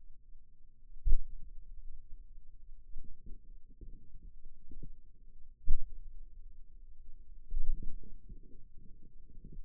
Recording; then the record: forearm muscle sounds (acoustic myography)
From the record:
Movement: finger pinch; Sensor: system 2, bracelet of six BSWA MPA416 microphones around the upper forearm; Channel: 1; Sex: male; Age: 22 years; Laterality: right